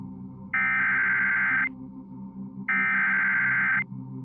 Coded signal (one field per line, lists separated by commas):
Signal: Emergency Alert System (SAME) tones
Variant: header bursts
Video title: 4 Scariest Emergency Broadcasts & EAS Alerts (Vol. 3)